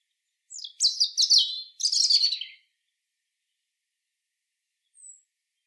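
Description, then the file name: European robin song: a couple of thin, high warbling phrases of quick trills and slurred whistles, then a long silence with one faint high note near the end. "Erithacus rubecula"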